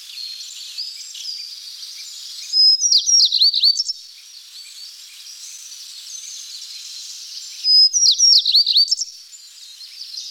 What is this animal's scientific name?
Emberiza tristrami